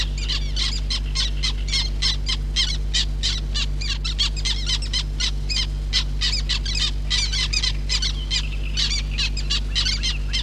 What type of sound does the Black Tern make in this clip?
call